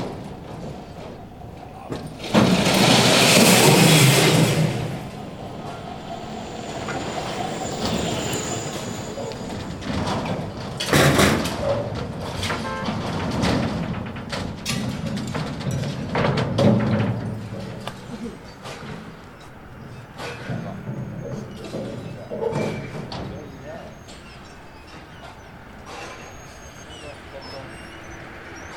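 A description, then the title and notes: Metal being loaded at a salvage depot, opening with a loud, harsh scraping clatter from about 2 to 4 seconds. Sharper bangs and clanks follow around 11, 16 and 22 seconds over a steady low machine rumble, with faint voices in the background. Metal salvage depot.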